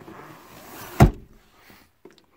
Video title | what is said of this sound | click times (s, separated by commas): 2008 SRT, Fold down back seats. Gary J | that one back. You can tell it locked into place. | 1.0 s